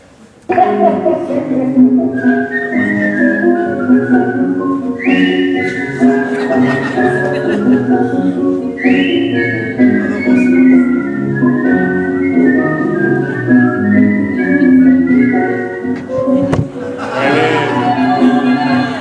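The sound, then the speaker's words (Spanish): Two people whistle a tango melody in counterpoint: one carries the tune in sustained, gliding notes while a second whistle weaves a separate line around it, steady and fairly loud throughout. “lo silban y además el otro le hace el contrapunto con un segundo silbido.”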